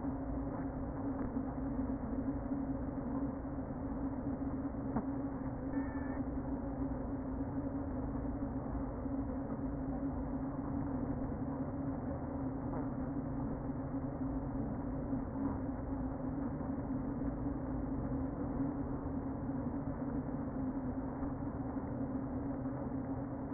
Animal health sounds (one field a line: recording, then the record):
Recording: honeybee colony, microphone inside the hive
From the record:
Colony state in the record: queen present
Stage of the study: before two queens were removed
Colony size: about 60,000 bees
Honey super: yes